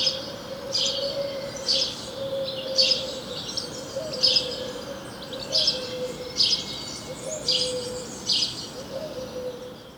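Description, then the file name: House sparrow chirping, short harsh chirps repeated roughly once a second, over a steady low humming drone and faint background noise. "Passer domesticus"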